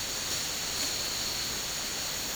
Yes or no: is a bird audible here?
no